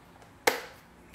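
A plastic cyclonic dirt-cup assembly is pushed back into the body of a Bissell Powerforce Helix 2191 upright vacuum after cleaning. It snaps home with a sharp, loud click at 0.5 s and locks in place. A faint tap follows at 1.1 s.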